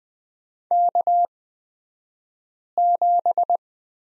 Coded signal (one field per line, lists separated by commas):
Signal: Morse code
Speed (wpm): 20 wpm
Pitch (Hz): 700 Hz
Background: none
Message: K7